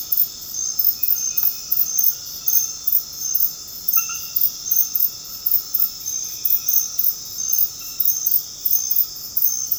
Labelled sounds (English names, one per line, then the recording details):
none
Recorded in dense forest near Puerto Asís, Putumayo, Colombia, on 8 March 2025 at 21:30
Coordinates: 0.486, -76.317
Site G053